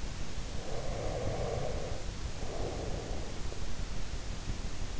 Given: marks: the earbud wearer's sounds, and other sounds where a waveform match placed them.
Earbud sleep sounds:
sounds in sleep by an in-ear microphone; breath
0.38-3.69 s: breath

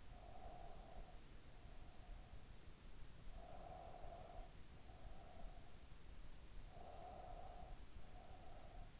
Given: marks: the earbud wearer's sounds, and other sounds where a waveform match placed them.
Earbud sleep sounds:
sounds in sleep by an in-ear microphone; breath
0.00-2.62 s: breath
3.29-5.96 s: breath
6.74-9.00 s: breath

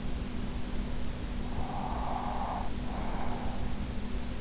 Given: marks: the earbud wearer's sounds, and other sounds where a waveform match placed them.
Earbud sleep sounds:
sounds in sleep by an in-ear microphone; breath
1.26-3.82 s: breath

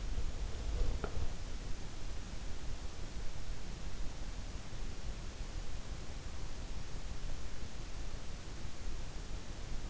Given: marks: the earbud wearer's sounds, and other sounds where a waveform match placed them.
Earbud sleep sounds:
sounds in sleep by an in-ear microphone; breath
0.00-2.00 s: breath

